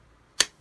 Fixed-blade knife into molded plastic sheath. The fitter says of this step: handles secure ex sheath that actually snaps into place hold